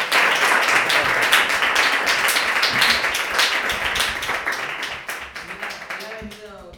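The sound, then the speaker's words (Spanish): A crowd applauds at the end of a talk on data capitalism, with dense, rapid clapping that holds strong for about five seconds, then thins out as a voice begins speaking over the last scattered claps. “Bueno, pues entonces, un aplauso.”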